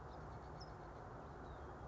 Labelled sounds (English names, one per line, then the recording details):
California Towhee
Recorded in Sonoma County, California